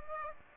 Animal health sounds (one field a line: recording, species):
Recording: mosquito wingbeat signal from an infrared sensor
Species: Aedes aegypti